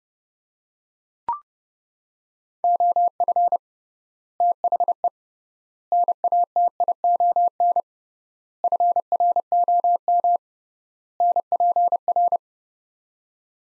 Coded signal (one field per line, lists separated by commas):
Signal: Morse code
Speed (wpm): 30 wpm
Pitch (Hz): 700 Hz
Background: none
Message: OF THE NATION FROM NPR